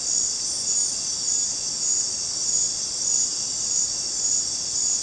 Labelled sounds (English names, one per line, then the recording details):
none
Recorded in dense forest near Puerto Asís, Putumayo, Colombia, on 23 June 2025 at 20:00
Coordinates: 0.484, -76.317
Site G045